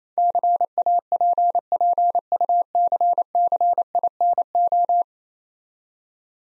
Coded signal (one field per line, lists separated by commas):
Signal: Morse code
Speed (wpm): 28 wpm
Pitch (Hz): 700 Hz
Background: none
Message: CAPPUCCINO